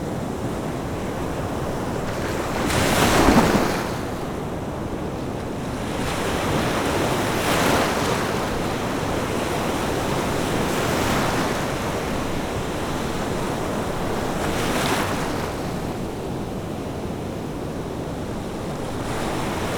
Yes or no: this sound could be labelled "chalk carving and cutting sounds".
no